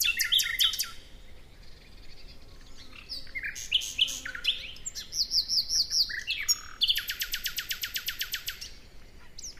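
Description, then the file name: Common nightingale song opening with quick chirps, then slurred notes and a long, rapid, evenly pulsed rattle of repeated high notes. "Luscinia megarhynchos"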